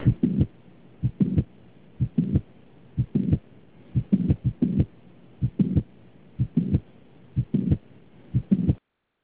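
Adult heart heard through a stethoscope: mitral valve prolapse with mitral regurgitation.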